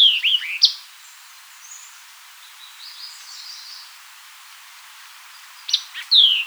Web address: White-eyed Vireo 2007 01 04 White-eyed Vireo 02